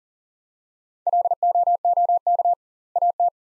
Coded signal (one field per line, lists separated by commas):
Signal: Morse code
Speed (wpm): 40 wpm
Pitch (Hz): 700 Hz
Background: none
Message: LOOK AT